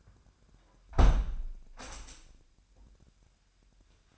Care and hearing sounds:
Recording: daily activity, microphone in the room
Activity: close window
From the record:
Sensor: 2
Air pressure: 997.8 hPa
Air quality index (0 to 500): 140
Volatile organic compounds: 4 ppm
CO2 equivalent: 1581 ppm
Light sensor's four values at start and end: 10/31/12/12 and 10/31/12/12

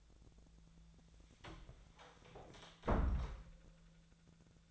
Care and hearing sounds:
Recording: daily activity, microphone in the room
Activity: close door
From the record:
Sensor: 3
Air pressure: 1000.5 hPa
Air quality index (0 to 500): 181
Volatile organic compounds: 4 ppm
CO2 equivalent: 1570 ppm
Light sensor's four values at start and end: 13/30/13/13 and 13/30/13/13

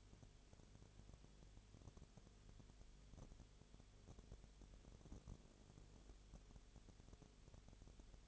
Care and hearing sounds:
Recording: daily activity, microphone in the room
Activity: no activity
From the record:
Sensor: 4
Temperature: 22.0 degrees Celsius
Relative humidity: 29.7%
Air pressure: 1002.1 hPa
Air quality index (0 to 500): 59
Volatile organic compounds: 1 ppm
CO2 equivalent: 608 ppm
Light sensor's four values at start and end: 2/3/1/1 and 2/3/1/1

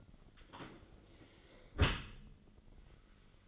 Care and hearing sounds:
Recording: daily activity, microphone in the room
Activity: close dishwasher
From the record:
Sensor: 4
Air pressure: 1003.9 hPa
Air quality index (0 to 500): 153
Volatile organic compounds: 2 ppm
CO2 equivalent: 1090 ppm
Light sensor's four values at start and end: 24/59/25/26 and 25/62/26/28

